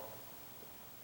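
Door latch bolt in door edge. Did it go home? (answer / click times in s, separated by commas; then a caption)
no / none. A door latch bolt in the door edge is handled and pressed toward its locked position, with only a quiet, steady low rustle and faint handling noise. Nothing has seated or clicked yet.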